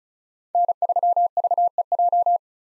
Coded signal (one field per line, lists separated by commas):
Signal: Morse code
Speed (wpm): 34 wpm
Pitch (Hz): 700 Hz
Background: none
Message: N3VEJ